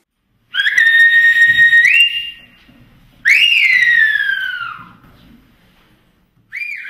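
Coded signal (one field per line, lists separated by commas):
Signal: whistled language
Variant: Silbo Gomero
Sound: loud piercing whistles, three gliding phrases rising and falling in pitch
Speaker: silb is a Language that imitates the phonetic Sounds of spanish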